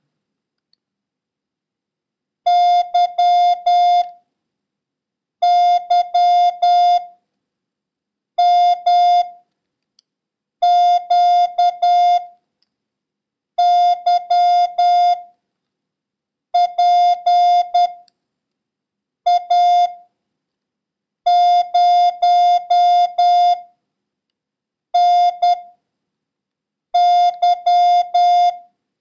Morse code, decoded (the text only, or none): Y Y M Q Y P A 0 N Y